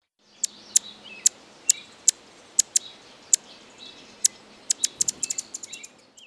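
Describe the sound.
Hummingbird chips: sharp, very high ticks at uneven intervals, bunching into a quick rapid run near the end, over a soft steady hiss.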